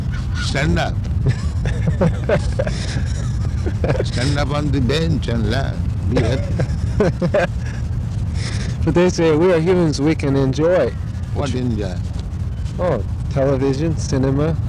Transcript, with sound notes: Stand up. Stand up on the bench and laugh---be happy. [laughter]
But they say we are humans; we can enjoy.
What enjoy?
Television, cinema,